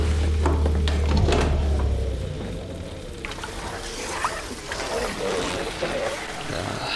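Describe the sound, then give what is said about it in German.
A boat engine's steady low rumble on the Pacific Ocean runs for about two seconds, then is switched off abruptly, leaving only the lapping, splashing sounds of water and faint creaks. “Motor aus.”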